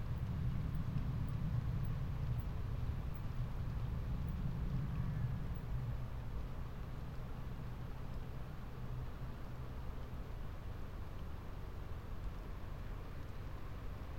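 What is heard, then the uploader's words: Night rain falls on a drystone wall as a steady, dense hiss with no single drops standing out. A deep, low rumble sits underneath, heavier through the first six seconds and then easing, while the soft wash of rain holds constant to the end. Night rain falls on a drystone wall. This sound view was recorded from the top of a drystone wall overlooking fields of nocturnal sheep, in the North Yorkshire market town of Settle last August.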